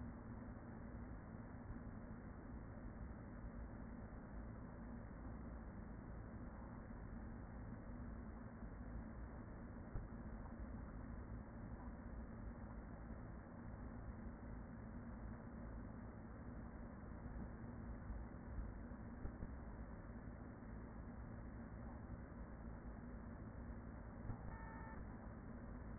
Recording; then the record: honeybee colony, microphone inside the hive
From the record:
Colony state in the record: queen present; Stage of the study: after two queens were removed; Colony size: about 40,000 bees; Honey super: no